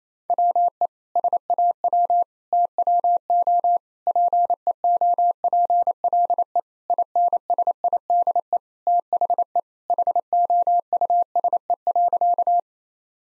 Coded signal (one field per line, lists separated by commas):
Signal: Morse code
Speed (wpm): 28 wpm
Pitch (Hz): 700 Hz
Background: none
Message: WE SAW TWO PEOPLE INSIDE THE HOUSE.